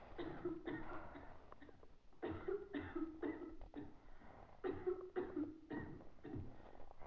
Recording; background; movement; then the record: deep breathing; a bystander coughing; sitting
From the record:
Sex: female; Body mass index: 22.6 kg/m2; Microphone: on the chest, facing the body